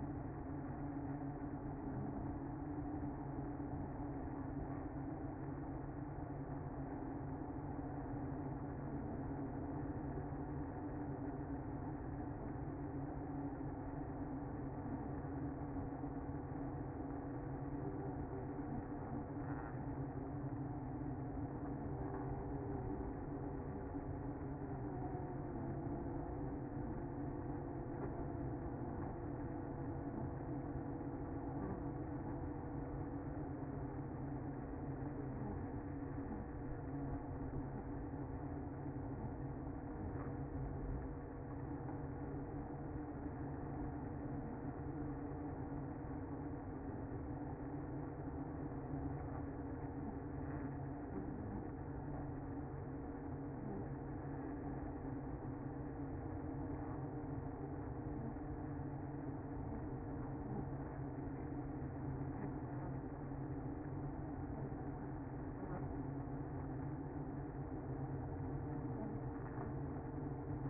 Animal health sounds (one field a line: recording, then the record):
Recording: honeybee colony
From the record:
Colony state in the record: active